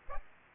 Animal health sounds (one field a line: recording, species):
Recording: mosquito wingbeat signal from an infrared sensor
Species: Aedes aegypti